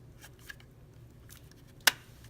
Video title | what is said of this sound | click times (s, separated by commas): GC3 Cell Swap and programming | the new panel you're just going to put it back in make sure it clicks like that so you can hear it click really well | 1.9 s